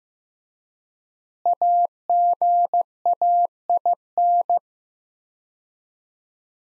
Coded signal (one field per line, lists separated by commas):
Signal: Morse code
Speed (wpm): 15 wpm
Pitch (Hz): 700 Hz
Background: none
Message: AGAIN